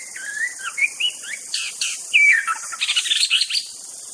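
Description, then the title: White-rumped shama song with wavering whistled notes that give way to harsher, scratchy chattering, over a steady high background hiss. Wild bird from the forest. "Murai2. Suara burung murai batu asli hutan"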